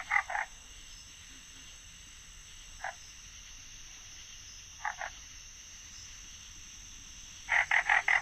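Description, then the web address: Florida bog frog giving scattered short chucks, single or paired, spaced several seconds apart, then a quick run of four or five chucks at the end. "Songs of Frogs Toads of North America. Florida Bog Frog"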